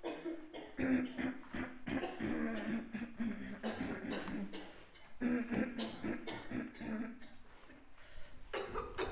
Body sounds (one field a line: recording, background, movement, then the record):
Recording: throat clearing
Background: a bystander coughing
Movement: walking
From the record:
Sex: female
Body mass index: 36.4 kg/m2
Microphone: on the chest, facing outward